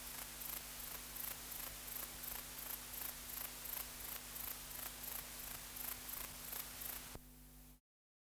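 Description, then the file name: Grey bush-cricket song of rapid, regular scratchy chirps for about seven seconds, then the sound cuts off into silence; steady low hum underneath. "Platycleis albopunctata"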